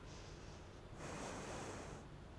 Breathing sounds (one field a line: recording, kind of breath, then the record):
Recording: one breath in and out by a microphone near the nose and mouth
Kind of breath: normal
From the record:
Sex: female